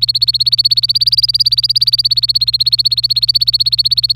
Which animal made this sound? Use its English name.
Domestic Canary